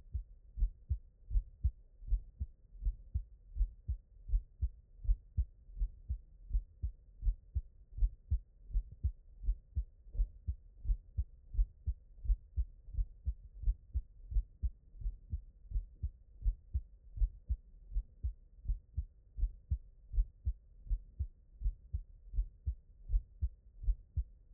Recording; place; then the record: heart sounds by stethoscope; mitral valve (MV)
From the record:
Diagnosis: non-HFrEF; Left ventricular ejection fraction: 62%